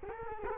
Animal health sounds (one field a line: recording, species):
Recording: mosquito wingbeat signal from an infrared sensor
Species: Culex quinquefasciatus